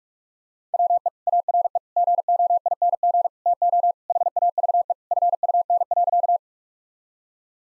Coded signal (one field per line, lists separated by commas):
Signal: Morse code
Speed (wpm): 41 wpm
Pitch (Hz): 700 Hz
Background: none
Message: WE ARE GOING TO HAVE FUN.